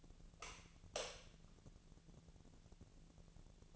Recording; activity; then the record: daily activity, microphone in the room; light on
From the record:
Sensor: 4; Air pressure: 1000.9 hPa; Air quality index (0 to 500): 124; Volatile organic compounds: 1 ppm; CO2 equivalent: 932 ppm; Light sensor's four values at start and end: 32/77/32/35 and 32/78/32/35